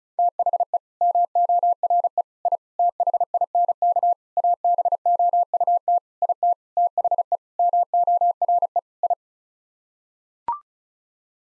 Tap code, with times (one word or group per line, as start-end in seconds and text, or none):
none